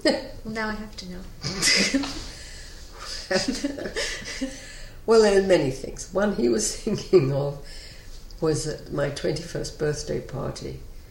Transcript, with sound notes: Now I have to know.
[Both laugh] Well, there are many things. One he was thinking of was at my 21st birthday party.